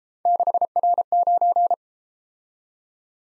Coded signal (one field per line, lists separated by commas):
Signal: Morse code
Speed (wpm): 31 wpm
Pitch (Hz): 700 Hz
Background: none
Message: 6R9